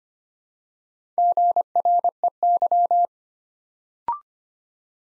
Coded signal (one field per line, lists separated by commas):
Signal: Morse code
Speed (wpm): 25 wpm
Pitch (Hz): 700 Hz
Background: none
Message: GREY